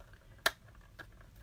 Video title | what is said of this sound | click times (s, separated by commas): Harvest Hellos Bundle from Stampin' Up!® | that box locks into place just see how I did that and now | 0.5 s